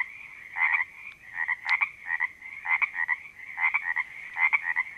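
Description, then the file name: Frog chorus of clustered double croaks in bursts about every second, over a steady ringing background drone. Frogs recorded at a creek in Panoche Valley, California, on 02-04-08 (2008). "OMV-02-04-08-Panoche Valley CA Creek Frogs"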